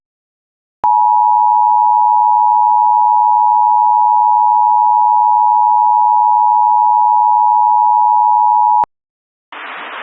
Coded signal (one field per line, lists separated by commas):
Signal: Emergency Alert System (SAME) tones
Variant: 853 and 960 Hz attention tone